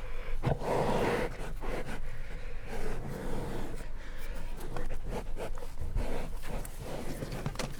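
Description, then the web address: Brown bear munching: scattered crunchy clicks and wet smacks over a low rumble. Captive brown bears eating at a zoo in Jászberény, 2016; microphone placed in front of the bears' noses. "allathangok jaszberenyizoo 2016 professzionalis barnamedve esznekabarnamedvek orrukelottamikrofon"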